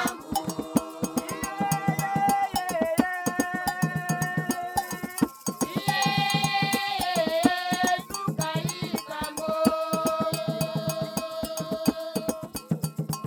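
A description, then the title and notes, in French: A village choir in Congo sings in sustained, overlapping lines, with voices holding long notes and sliding between pitches. A fast, steady beat of sharp strikes runs underneath throughout, broken only by brief pauses around five and eight seconds. Une chorale de village au Congo. Le soir tombait. Fantôme jouait du 'ngonge', de la double-cloche.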